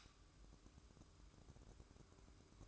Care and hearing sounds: daily activity, microphone in the room; light on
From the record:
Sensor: 2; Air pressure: 1007.7 hPa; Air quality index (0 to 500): 79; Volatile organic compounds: 1 ppm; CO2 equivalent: 647 ppm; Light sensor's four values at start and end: 9/20/8/9 and 14/39/16/15

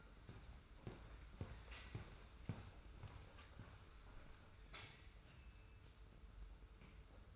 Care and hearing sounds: daily activity, microphone in the room; walk to room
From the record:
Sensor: 2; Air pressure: 991.0 hPa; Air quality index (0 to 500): 112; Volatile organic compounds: 53 ppm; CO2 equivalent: 3337 ppm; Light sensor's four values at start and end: 33/99/39/37 and 34/101/40/38

